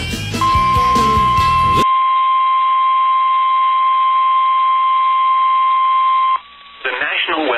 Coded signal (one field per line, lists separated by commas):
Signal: Emergency Alert System (SAME) tones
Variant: 1050 Hz attention tone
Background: speech, music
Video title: STORMS AND TESTS PART 4... EAS Alerts from 5/24/23 - 5/28/23 (EAS #2,316 - 2,345)